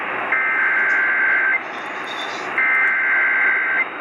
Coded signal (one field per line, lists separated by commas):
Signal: Emergency Alert System (SAME) tones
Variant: header bursts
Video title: 650, 840!! EAS Alerts from 2/24/18 (EAS #795 - 807)